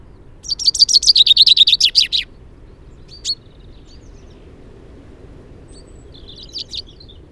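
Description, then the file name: Common chaffinch delivering one rapid, bright trill of repeated notes that gently falls in pitch before stopping abruptly; a few faint chips follow in the quiet. "Fringilla coelebs"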